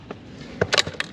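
The folding latch on the metal stem of an electric scooter, rocked back and forth until the stem folds down, makes a string of sharp metallic knocks and rattles. The latch catches and locks closed at 0.8 s.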